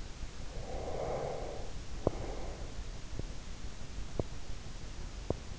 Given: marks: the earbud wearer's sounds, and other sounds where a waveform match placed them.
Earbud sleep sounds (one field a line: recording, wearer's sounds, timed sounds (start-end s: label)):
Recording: sounds in sleep by an in-ear microphone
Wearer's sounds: snoring breath, teeth grinding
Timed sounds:
0.39-2.76 s: snoring breath
1.96-2.27 s: teeth grinding
3.04-3.36 s: teeth grinding
4.10-4.39 s: teeth grinding
5.16-5.53 s: teeth grinding